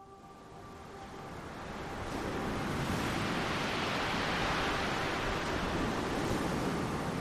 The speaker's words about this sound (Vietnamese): Buổi tối, tiếng sóng từ ngoài mạn sông Hồng được gió thổi ngược vào trong bờ. Chúng đập vào những rặng tre mọc ven, tạo thành những tiếng kêu lạch cạch khá ghê tai.